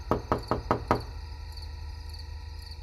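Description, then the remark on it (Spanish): Five quick, evenly spaced knocks on an apartment door at night in a brisk rhythm, each sharp and solid, followed by a low steady hum with faint high chirping in the background. “¿Escuchas esos golpes, cariño? Parece que es en la puerta.”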